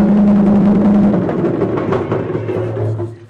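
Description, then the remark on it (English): A class of students claps loudly together for the drummer, a dense patter of many hands for about three seconds, with voices calling and cheering mixed in, before the applause tapers off. “Let's clap for the drummer.”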